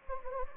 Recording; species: mosquito wingbeat signal from an infrared sensor; Anopheles gambiae